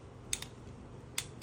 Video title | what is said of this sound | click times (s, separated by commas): レビュー GOYOJO トルクレンチ プレセット型 21点セット 差込角(1/4インチ) 2-24N.m 両回転対応 トルク精度 ±3% 自動車用、自電車、オートバイ、機械の整備 作業工具 （ 2-2 | That's the click right there. There you go. | 0.3 s